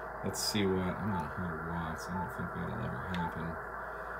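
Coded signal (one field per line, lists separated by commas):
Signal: none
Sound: device power-on beeps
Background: speech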